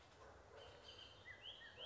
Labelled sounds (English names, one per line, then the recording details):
Bullock's Oriole
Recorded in Sonoma County, California